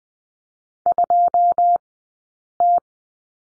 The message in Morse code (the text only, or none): 2T